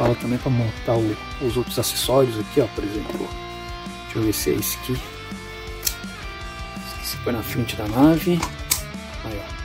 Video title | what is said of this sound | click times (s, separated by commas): Sonic & Egg man mobile battle set Review | faz o clique a depois | 8.7 s